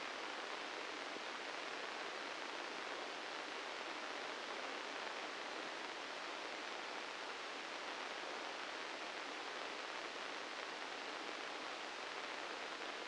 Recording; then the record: brain microelectrode recording played as sound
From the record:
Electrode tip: inside the subthalamic nucleus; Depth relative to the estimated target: -2 mm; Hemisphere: left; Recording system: NeuroSet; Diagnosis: Parkinson's disease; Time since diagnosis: 13 years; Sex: male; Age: 65 years